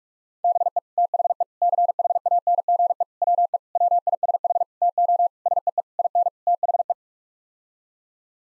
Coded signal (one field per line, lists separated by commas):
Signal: Morse code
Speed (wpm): 46 wpm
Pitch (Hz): 700 Hz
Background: none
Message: BE THE CHANGE WE WISH TO SEE IN THE